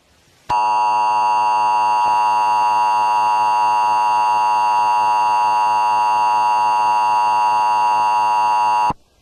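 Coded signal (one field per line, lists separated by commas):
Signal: Emergency Alert System (SAME) tones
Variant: 853 and 960 Hz attention tone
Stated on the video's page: Fictional scenario alert, not real, about aliens taking over Tennessee.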